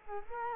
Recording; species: mosquito wingbeat signal from an infrared sensor; Culex quinquefasciatus